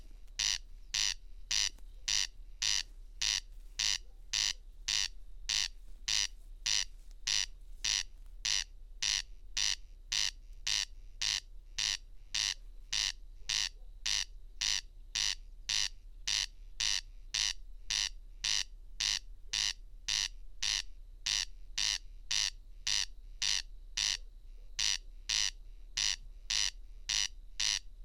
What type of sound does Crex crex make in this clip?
song